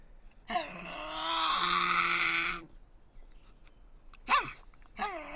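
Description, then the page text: Tasmanian devil making a long, strained, bleating growl, followed by two short yelps. Resident devils in an enclosure at the Devils@Cradle conservation facility, Cradle Mountain, Tasmania, on October 24, 2007, discussing who has priority. "Birdsong for the Curious Naturalist. Tasmanian devil. Inside an enclosure at the world-class conservation facility at Cradle Mountain, Tasmania"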